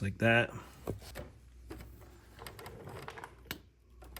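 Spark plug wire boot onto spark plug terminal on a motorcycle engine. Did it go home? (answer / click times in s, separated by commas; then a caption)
yes / 3.5 s. Someone talks as a spark plug wire boot is pressed onto its spark plug terminal on the M8 engine of a 2018 Road Glide Special motorcycle during preventative maintenance. Small handling taps follow. A sharp click at 3.5 s marks the boot seating onto the plug.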